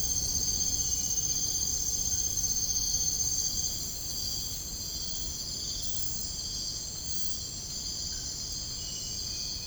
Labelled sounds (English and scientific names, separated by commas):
none